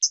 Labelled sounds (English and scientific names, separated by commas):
Hooded Warbler (Setophaga citrina) flight call